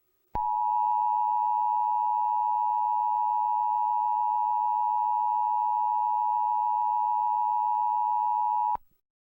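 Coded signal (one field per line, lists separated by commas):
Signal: Emergency Alert System (SAME) tones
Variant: 853 and 960 Hz attention tone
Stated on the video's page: Fictional EAS scenario set in Charleston.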